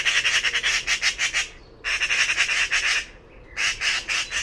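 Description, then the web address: Bird producing loud scratchy chattering bursts of rapid pulses, three long runs with short silent gaps between them. "cianscape birddata Deverinetal 2025"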